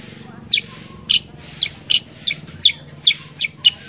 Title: Masteran Kutilang Sutra. Kutilang Sutra mana YANG GAK NYAUT dan IKUT BUNYI GACOR dengan suara Kutilang Sutra Super GACOR Ini